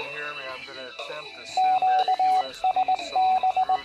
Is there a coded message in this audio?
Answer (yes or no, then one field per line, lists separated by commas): yes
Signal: Morse code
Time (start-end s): 1.6-3.8 s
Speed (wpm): 19 wpm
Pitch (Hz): 750 Hz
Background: speech, radio noise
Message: QSB